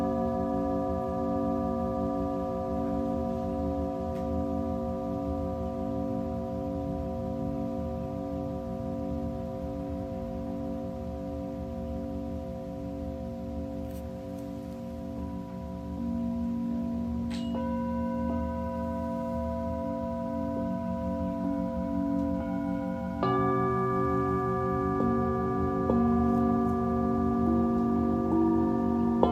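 A Tibetan singing bowl hums in long, steady tones with a slow pulsing waver, joined by fresh strikes near 17 and 23 seconds.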